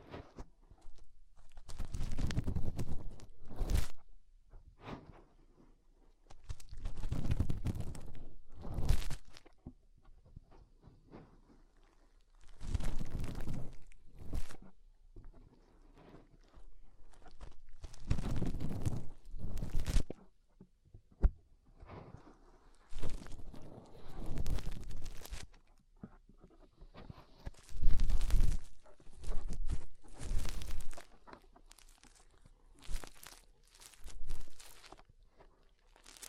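Fingers rub and press inside the ear, making loud muffled rumbling bursts with crackly, crunching edges. The bursts come in irregular clusters every couple of seconds, some sharp and brief, others lasting a second or more, with short quiet gaps between.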